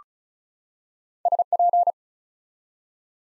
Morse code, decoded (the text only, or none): SP